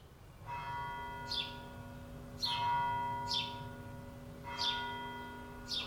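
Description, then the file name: House sparrow chirps: a few sharply falling notes at irregular intervals, heard over a steady mechanical hum. "Passer domesticus"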